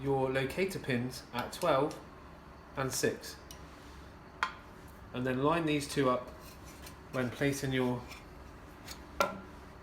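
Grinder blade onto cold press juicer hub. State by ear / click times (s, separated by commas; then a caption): seated / 9.2 s. Someone talks while a stainless steel grinder blade is lined up with the locator pins and placed back onto the hub of a commercial cold press juicer. A brief sharp tap comes at about 4.4 s, and a single sharp click at 9.2 s marks the blade seating onto the hub.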